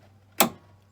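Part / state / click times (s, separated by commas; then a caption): actuator linkage rod into sliding door latch clip / seated / 0.4 s. On a Town & Country / Grand Caravan sliding door, the lock actuator's linkage rod is lifted up into its plastic retaining clip on the door latch. It snaps in with a single sharp, bright click at 0.4 s over a low, steady hum. The rod is seated in the clip, and the job is confirmed done.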